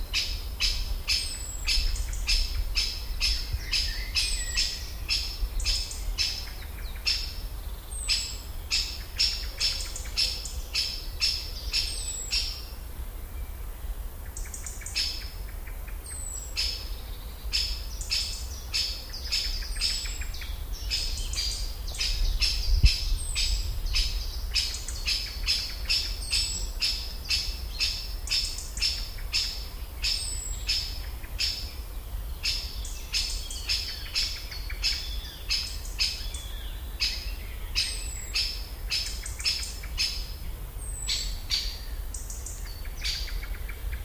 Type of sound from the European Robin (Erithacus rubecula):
call